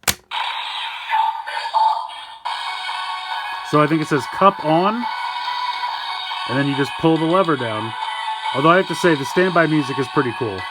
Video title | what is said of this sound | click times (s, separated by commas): DX Henshin Belt VrastumGear Review - Kamen Rider Gavv | with the little pin system there and you just pop this in and it should click into place | 0.1 s